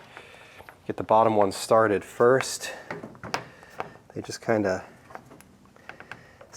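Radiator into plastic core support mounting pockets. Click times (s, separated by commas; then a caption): 5.9 s. A radiator is lowered into a plastic core support on a Mazda 3 under crash repair, with its four mounting pockets lined up and the bottom one started first. Someone talks, then short taps and clicks follow, with a snap at 5.9 s as the radiator seats into the pockets.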